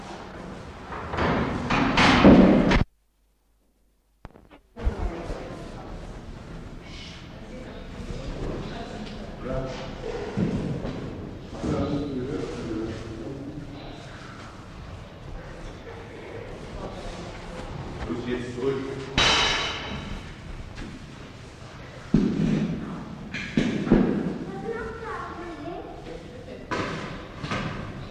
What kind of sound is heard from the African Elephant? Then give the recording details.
growling. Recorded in captivity. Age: subadult. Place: Zoo Hannover, Niedersachsen, DE. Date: 1960-05-17 18:45. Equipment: Reporter, Vollspur. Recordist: Tembrock, Günter. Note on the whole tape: Halbwüchsiges Tier: Grollen (sehr oft geäußert, aber nur dreimal aufgenommen), im Haus. Abstand: 6 m